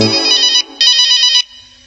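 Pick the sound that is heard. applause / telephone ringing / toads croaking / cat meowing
telephone ringing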